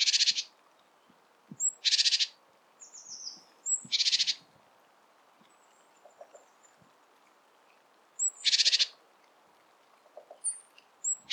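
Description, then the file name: Great tit harsh churring calls in short bursts every two to four seconds, with a few thin high notes between and quiet gaps. "Parus major"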